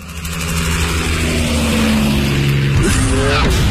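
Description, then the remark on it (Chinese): A loud, throaty V8 sports car engine, an all-aluminum gasoline engine in an all-wheel-drive car with a top speed over 300 km/h, drones steadily, its low harmonic tone holding and then jumping in pitch near the end as it revs, with a brief gritty hiss like tires scrubbing. “车身线条大胆前卫，配备 V 八引擎，全时四驱系统，全铝汽油发动机，最高时速超过每小时300公里。”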